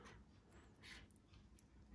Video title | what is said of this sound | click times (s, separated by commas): How do I repair my damaged LED strip lights? Push connectors repair | down until you hear it click then | 1.1 s, 1.2 s